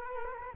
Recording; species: mosquito wingbeat signal from an infrared sensor; Culex quinquefasciatus